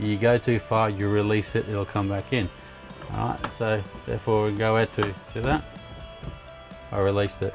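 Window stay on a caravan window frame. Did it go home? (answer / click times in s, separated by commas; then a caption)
no / none. A window stay on an MDC XT15PT offroad caravan window frame is handled as the window is pushed out toward the first of its three open positions while someone talks. Nothing has seated or clicked yet.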